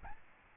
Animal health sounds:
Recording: mosquito wingbeat signal from an infrared sensor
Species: Aedes albopictus

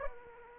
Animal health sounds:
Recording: mosquito wingbeat signal from an infrared sensor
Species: Anopheles arabiensis

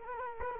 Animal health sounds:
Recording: mosquito wingbeat signal from an infrared sensor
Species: Culex quinquefasciatus

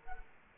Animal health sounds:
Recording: mosquito wingbeat signal from an infrared sensor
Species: Culex quinquefasciatus

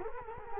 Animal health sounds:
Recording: mosquito wingbeat signal from an infrared sensor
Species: Culex quinquefasciatus

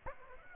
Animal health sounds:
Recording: mosquito wingbeat signal from an infrared sensor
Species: Aedes aegypti

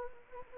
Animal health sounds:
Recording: mosquito wingbeat signal from an infrared sensor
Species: Anopheles gambiae

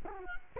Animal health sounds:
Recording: mosquito wingbeat signal from an infrared sensor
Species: Culex quinquefasciatus

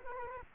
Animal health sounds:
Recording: mosquito wingbeat signal from an infrared sensor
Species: Culex quinquefasciatus

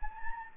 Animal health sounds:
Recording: mosquito wingbeat signal from an infrared sensor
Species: Anopheles gambiae

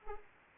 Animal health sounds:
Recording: mosquito wingbeat signal from an infrared sensor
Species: Anopheles arabiensis

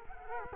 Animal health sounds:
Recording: mosquito wingbeat signal from an infrared sensor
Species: Culex quinquefasciatus

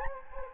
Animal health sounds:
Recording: mosquito wingbeat signal from an infrared sensor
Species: Anopheles gambiae

